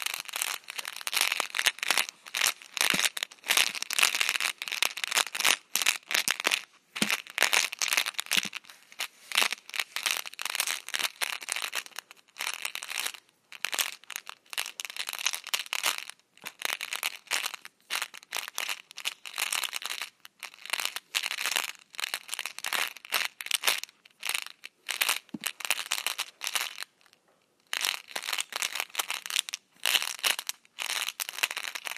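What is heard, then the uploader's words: A can of M&M's being handled, with dense, irregular rattling and crinkling that runs almost continuously for the full length. The sound is bright and hissy with little low end, broken by brief gaps, notably a short pause around 27 seconds. ASMR Can of M&M’s.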